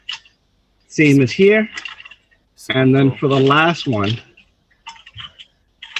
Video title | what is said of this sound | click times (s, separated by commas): 1 year anniversary special! New material reveal, multiple guests, contest winners - PRUSA LIVE #26 | so it gets locked into place | 0.1 s